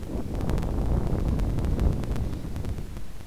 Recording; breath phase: one breath near a microphone; exhalation